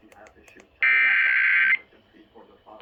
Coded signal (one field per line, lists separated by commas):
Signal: Emergency Alert System (SAME) tones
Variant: header bursts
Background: speech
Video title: eas A surprise cae Eas #239 Eas#240